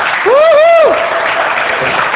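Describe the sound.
A church audience claps for Jesus in a steady, dense patter while a single voice lets out a rising-then-falling whoop over the applause in the first half.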